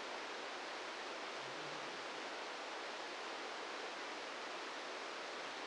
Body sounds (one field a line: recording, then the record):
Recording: brain microelectrode recording played as sound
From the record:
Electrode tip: outside the subthalamic nucleus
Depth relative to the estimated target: 2 mm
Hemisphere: right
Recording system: NeuroSet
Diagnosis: Parkinson's disease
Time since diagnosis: 8 years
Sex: male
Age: 58 years